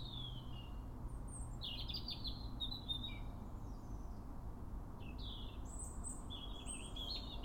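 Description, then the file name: European robin song: high, wavering, slurred notes that rise and fall in separate phrases, over steady low-pitched noise. "Erithacus rubecula"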